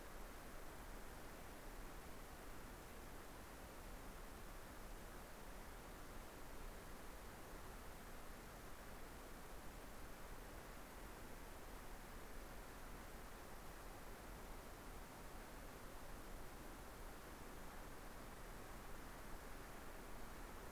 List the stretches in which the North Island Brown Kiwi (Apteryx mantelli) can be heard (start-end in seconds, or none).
none